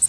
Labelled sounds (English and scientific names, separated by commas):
Worm-eating Warbler (Helmitheros vermivorum) flight call